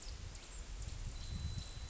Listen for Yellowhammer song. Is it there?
no